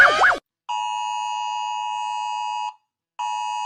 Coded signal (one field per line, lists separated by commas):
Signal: Emergency Alert System (SAME) tones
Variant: 853 and 960 Hz attention tone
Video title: Rating EAS alarms by how scary they are#easalert #alarm